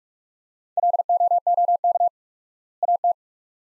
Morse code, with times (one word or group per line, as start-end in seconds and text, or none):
0.8-2.1 LOOK
2.8-3.1 AT